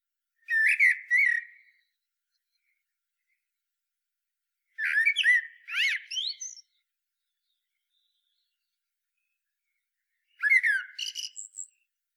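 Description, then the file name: Common blackbird song: three brief phrases several seconds apart, each a short fluty warble with squeaky high overtones and a twittering end. "Turdus merula"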